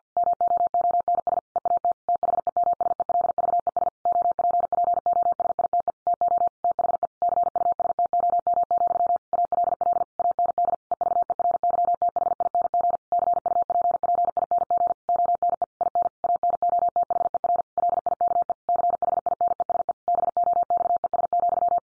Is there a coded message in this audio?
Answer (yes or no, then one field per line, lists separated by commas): yes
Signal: Morse code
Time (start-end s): 0.2-21.8 s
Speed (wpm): 50 wpm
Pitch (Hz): 700 Hz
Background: none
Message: MOONS EAT THEMSELVES OPPOSITE TO THE CUSTOM, ALL AND EVERYTHING CUPPING ONE IN ANOTHER LIKE CHINESE BOXES,